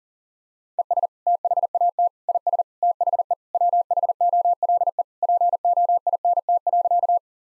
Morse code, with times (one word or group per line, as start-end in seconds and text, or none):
0.8-1.1 ES
1.3-2.1 THAT
2.3-2.6 IS
2.8-3.3 THE
3.5-5.0 WHOLE
5.2-7.2 POINT.